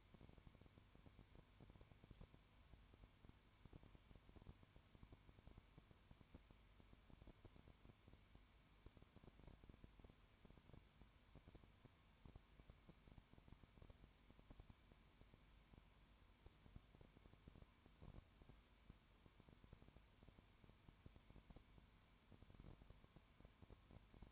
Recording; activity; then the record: daily activity, microphone in the room; no activity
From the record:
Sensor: 2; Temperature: 20.0 degrees Celsius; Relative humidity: 32.1%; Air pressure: 1001.1 hPa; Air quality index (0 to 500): 54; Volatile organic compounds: 1 ppm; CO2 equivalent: 601 ppm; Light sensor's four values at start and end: 2/3/2/2 and 2/3/2/2